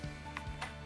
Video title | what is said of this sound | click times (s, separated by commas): Unboxing and Assembling the R70 Smart Mop and Vacuum | Click. We're put together. | 0.4 s, 0.6 s